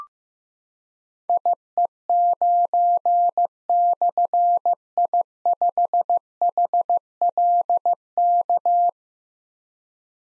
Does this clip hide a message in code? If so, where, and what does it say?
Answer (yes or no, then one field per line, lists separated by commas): yes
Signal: Morse code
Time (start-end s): 1.3-8.9 s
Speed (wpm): 15 wpm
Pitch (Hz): 700 Hz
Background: none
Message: IE9/I5HLK